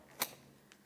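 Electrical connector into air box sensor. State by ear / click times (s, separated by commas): seated / 0.2 s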